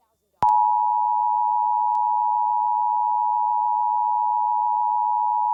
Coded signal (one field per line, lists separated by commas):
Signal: Emergency Alert System (SAME) tones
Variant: 853 and 960 Hz attention tone